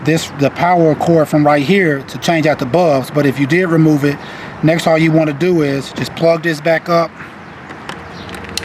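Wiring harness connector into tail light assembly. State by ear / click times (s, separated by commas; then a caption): seated / 8.6 s. Someone talks while plugging the wiring harness power cord connector back onto the plastic tail light assembly of a 2015–2019 Hyundai Tucson, during a brake light bulb change. After the talking stops, a few small clicks sound near the end, and the connector snaps into place with a sharp click at 8.6 s, fully seated.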